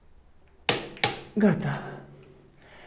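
A click-type torque wrench set to 100 Nm is pulled a second time on an engine bolt of an Aprilia Pegaso Strada, giving a sharp click at 0.7 s, followed by another sharp snap at 1.0 s. Someone then talks. The click confirms the bolt is tight at 100 Nm.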